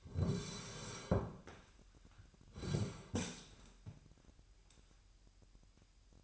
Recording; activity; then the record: daily activity, microphone in the room; sit down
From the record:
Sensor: 2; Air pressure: 998.3 hPa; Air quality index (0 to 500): 128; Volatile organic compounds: 3 ppm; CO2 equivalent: 1454 ppm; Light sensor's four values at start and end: 6/14/6/6 and 7/16/7/7